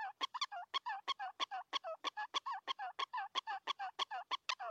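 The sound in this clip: Prairie dog calling with a steady, rapid train of sharp barking chirps, roughly three per second without pause.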